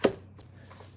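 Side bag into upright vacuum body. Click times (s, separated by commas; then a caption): 0.0 s. A side bag is pushed onto an upright vacuum body and snaps into place with one sharp click at 0.0 seconds, seating the bag after a loosely fitted bag had left the machine without power. A faint tick follows at 0.4 seconds, then only low background hum remains.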